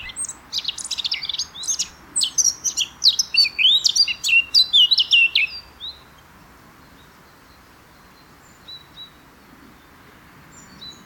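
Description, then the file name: Eurasian blackcap song: a fast, varied warble of high chirps and trills for about six seconds, then near silence with a few faint notes. "Sylvia atricapilla"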